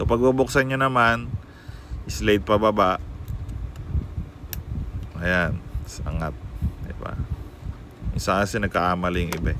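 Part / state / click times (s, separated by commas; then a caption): back cover of a pocket WiFi router / released / 4.5 s. Someone talks while sliding the back cover of a pocket WiFi router downward to open it. A sharp click is heard at 4.5 s as the cover unlocks and slides open, followed by more talk.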